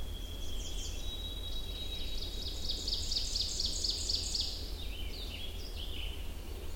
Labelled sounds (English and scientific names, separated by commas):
Ovenbird (Seiurus aurocapilla) song